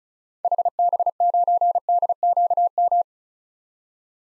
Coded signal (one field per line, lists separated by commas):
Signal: Morse code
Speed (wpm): 36 wpm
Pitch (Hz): 700 Hz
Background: none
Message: HB9DQM